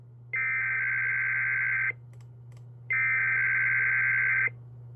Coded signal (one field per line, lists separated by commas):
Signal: Emergency Alert System (SAME) tones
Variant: header bursts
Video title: EAS EAS 1227-EAS 1228: KDKA EAS TEST